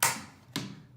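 Two white circuit breakers for the light are pushed into the chassis panel of a We Share Solar 501 suitcase, line facing toward the top. Each snaps into place with a sharp click, at 0.0 s and 0.6 s. Both breakers are seated.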